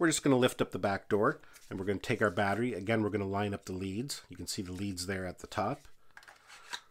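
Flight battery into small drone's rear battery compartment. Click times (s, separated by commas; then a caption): 6.7 s. Someone talks while lifting the rear back door of a DJI Mavic Mini drone and lining up the flight battery's leads at the top of the rear battery bay. The battery is pushed into the bay, and a sharp latch click at 6.7 s shows it is seated before the back door is shut again.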